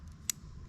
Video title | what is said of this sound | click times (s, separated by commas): THE ROCKTOL 29 IN 1 MULTI TOOL - WOULD YOU BE SATISFIED 🤔 | Got a nice little click on that blade. | 0.3 s